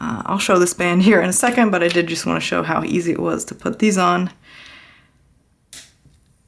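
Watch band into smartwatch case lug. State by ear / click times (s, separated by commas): seated / 5.7 s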